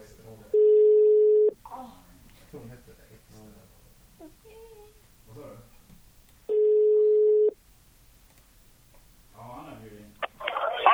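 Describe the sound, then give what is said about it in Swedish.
Two long, steady, mid-pitched ringback tones of an outgoing phone call made to wish someone a happy 32nd birthday, about five seconds apart and fairly loud, with faint chatter in between and a burst of crackling noise at the end. “Vi ringer 32-åringen.”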